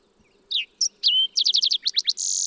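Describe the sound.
Fox sparrow song: bright slurred whistles, a held note, a rapid run of falling notes, then a buzzy ending that is cut short.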